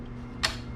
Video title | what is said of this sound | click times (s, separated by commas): Shark IQ Robot Filters maintenance procedure | until you hear the snap and it's good | 0.4 s